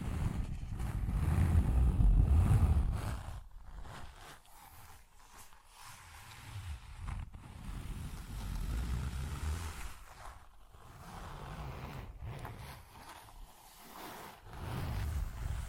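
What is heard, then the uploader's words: Scratching and zipper-like rasps come in uneven bursts, with a heavy low rumble peaking early around two seconds and brief silent gaps between. ASMR Tapping, Scratching & Zipper Sounds.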